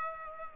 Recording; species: mosquito wingbeat signal from an infrared sensor; Aedes aegypti